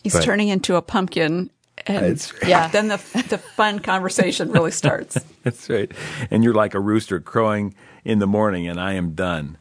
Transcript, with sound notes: He’s turning into a pumpkin and then the fun conversations really start. (laughter)
That’s right. And you’re like a rooster crowing in the morning, and I am done.